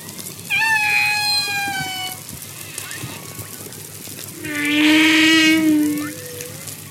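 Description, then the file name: Humpback whale song units: two long, tonal moans with rich harmonics, separated by a quiet gap of about two seconds. "Buckelwal"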